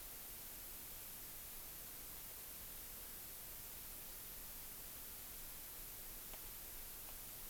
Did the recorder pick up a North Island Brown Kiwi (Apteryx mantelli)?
no